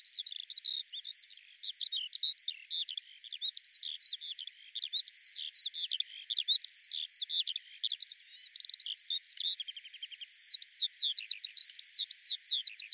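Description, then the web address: Eurasian skylark song, a busy unbroken warble of high, rapidly changing notes with a short buzzy trill in the later part, over faint hiss. "cianscape birddata Deverinetal 2025 Bird Al Ar"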